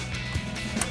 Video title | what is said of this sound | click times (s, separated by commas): 2019-2025 5.3L Silverado 1500 S&B Cold Air Intake with Dry Extendable Filter Review & Install | So that's just gonna click right into place, just like our stock one did. | 0.8 s